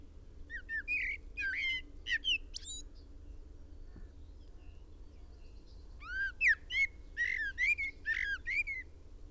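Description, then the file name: Common blackbird song: two phrases of rapid chuckling, slurred notes mixed with sharp squeaky accents, separated by a pause, over a low background hum. "Turdus merula"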